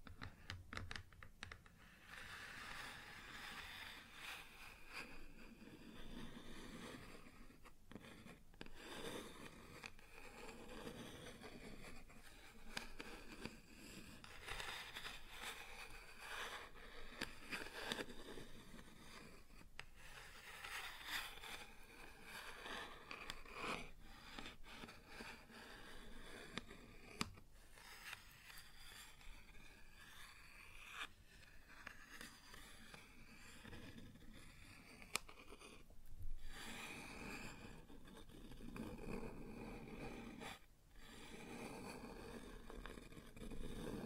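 Wood surface being tapped and scratched, with a steady run of small scraping strokes and scattered sharp taps throughout. The rubbing sounds are dense and irregular, brighter in tone, with a few louder knocks around 27 and 35 seconds.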